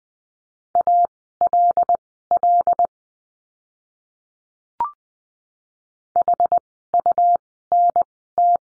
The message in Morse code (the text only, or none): ALL HUNT